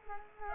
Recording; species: mosquito wingbeat signal from an infrared sensor; Culex quinquefasciatus